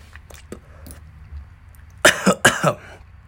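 Two harsh, forceful coughing bursts, each with a double hack, from an adult coughing right after taking a hit from a bong.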